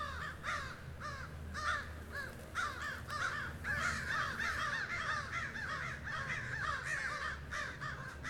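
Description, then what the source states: Crows giving hoarse, arched caws in quick irregular bursts, several birds calling over one another above a constant low drone. Crows squawking during a fight.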